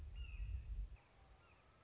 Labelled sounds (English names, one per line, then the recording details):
Red-shouldered Hawk
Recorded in Sonoma County, California